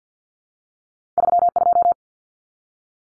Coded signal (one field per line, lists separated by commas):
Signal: Morse code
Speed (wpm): 50 wpm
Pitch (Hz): 700 Hz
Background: none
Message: 32